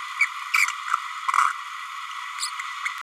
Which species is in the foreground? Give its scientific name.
Forpus passerinus